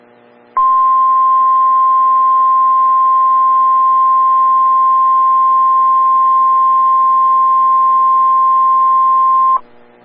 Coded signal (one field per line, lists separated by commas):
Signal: Emergency Alert System (SAME) tones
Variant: 1050 Hz attention tone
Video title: des moines rwt eas 2317